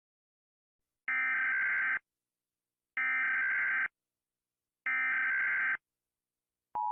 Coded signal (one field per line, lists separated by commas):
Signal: Emergency Alert System (SAME) tones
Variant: header bursts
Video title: Rating EAS alarms #1